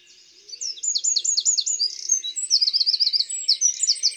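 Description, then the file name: Eurasian wren song: a loud, rapid outpouring of high, sharp notes and fast rattling trills, starting after half a second and running to the end. "Troglodyte mignon"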